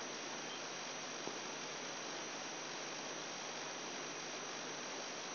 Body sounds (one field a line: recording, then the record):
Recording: brain microelectrode recording played as sound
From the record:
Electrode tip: inside the subthalamic nucleus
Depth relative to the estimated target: 2 mm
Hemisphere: right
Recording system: AlphaMap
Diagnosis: Parkinson's disease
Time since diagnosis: 10 years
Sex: male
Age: 58 years